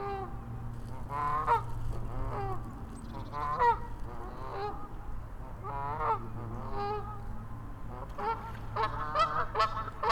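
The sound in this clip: Goose: geese honking, several loud nasal honks in bursts, some overlapping, with a steady low hum beneath.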